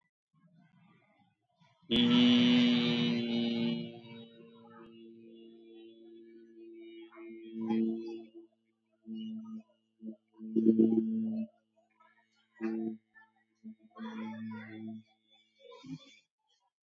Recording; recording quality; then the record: sustained vowel as in beet; excellent, no background noise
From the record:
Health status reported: recovered from COVID-19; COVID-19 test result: positive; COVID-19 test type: RT-PCR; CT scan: not taken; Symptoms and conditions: hypertension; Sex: male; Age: 54 years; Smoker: yes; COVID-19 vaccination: both doses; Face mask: worn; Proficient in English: yes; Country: India